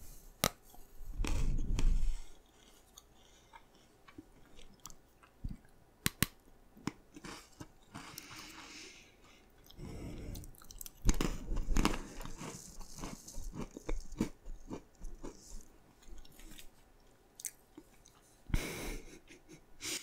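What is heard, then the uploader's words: Eating sounds of sweets like donut, pocky, mochi and rock candy, with sharp crunchy bites and wet chewing. Bursts of louder chewing come near 1–2 s, 11–13 s and again at 18–19 s, separated by quieter, sparse clicks and smacks. ASMR Eating Most Popular Foods - PINK FOOD Donut, Pocky, Boba, Mochi, Rock Candy, Marshmallow.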